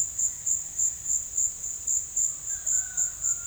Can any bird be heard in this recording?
no